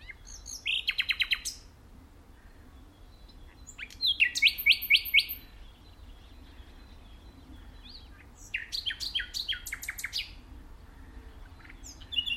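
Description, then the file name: Common nightingale song in three bursts and the start of a fourth, each a rapid rattling series of loud repeated notes, separated by pauses of a few seconds. "Luscinia megarhynchos"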